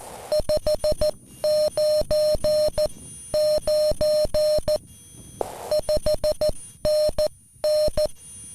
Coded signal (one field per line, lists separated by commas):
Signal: Morse code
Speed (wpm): 14 wpm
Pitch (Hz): 610 Hz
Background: music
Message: 599 5NN